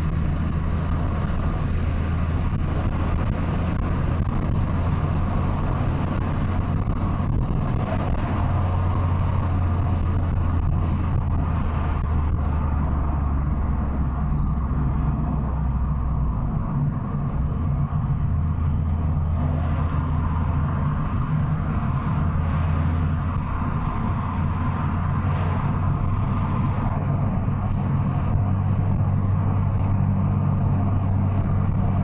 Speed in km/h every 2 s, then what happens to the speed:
97, 96, 89, 83, 77, 72, 59, 45, 43, 55, 71, 78, 82, 89, 89, 88.
2-14 brakes to 45. 16-25 speeds up to 89. 25-32 steady at about 89.